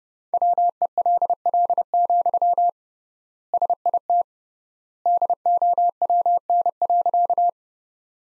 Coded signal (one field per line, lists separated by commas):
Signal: Morse code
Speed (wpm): 30 wpm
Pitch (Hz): 700 Hz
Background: none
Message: WELL, SIT DOWN.